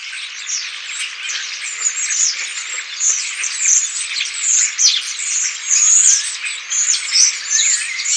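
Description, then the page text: Common starling flock in steady chorus, many birds overlapping in a constant wash of creaky chatter, clicks and thin whistles, with a long rising whistle late on. Flock of common starlings giving calls and songs. "Common Starling Flock Calls and Songs. Quick Sounds"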